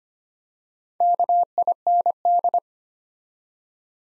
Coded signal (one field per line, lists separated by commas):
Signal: Morse code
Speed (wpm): 25 wpm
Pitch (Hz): 700 Hz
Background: none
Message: KIND